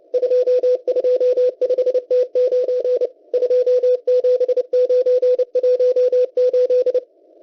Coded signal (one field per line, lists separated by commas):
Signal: Morse code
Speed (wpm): 28 wpm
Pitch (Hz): 500 Hz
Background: radio noise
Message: 225T9 27918